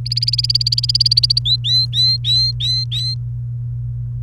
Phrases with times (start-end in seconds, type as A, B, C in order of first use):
0.06-1.39 A, 1.45-3.14 B